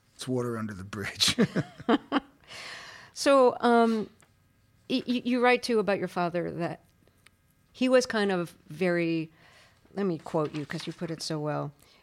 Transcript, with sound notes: It's water under the bridge.
(LAUGHTER)
So you write, too, about your father that he was kind of very - let me quote you because you put it so well